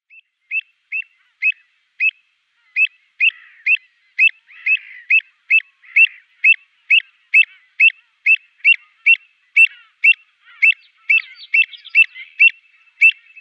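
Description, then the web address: Avocet calling with sharp, fluty notes repeated steadily about twice a second for the whole stretch, with faint rustling in the background. "Schulze Peter Avocet"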